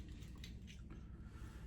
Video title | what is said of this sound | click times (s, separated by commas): New- “Shave Dad’s Sportsman Series” Soap & Aftershave, Rockwell 6C #3 & Simpson Chubby 2 Brush. | And then the Rockwell just locks into place. | 0.4 s